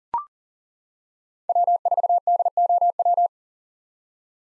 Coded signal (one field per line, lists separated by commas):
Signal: Morse code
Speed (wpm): 37 wpm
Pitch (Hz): 700 Hz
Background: none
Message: W4DOW